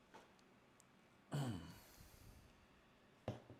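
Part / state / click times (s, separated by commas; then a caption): RJ45 connector in a crimping tool / not seated / none. Someone tries to re-crimp a badly crimped RJ45 plug in a faulty crimping tool. A breathy burst of noise is heard around 1.3 to 1.7 seconds, then a short sharp tap at about 3.3 seconds. The re-crimp fails, and nothing has seated or clicked.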